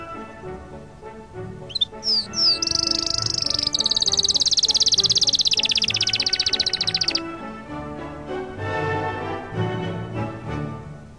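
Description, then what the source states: Canary sings a couple of slurred whistles, then a sustained, very rapid high trill for about five seconds before falling quiet as music carries on. Canary song combined with music.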